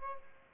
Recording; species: mosquito wingbeat signal from an infrared sensor; Aedes aegypti